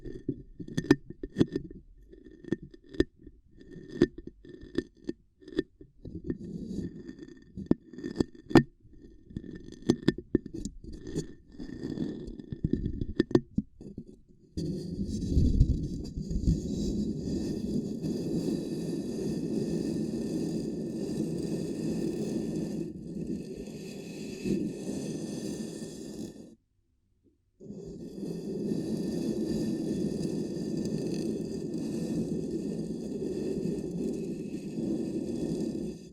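Ear cupping triggers: muffled, patting sounds for fourteen seconds, then steady dense rubbing that cuts out briefly near twenty-seven seconds before resuming.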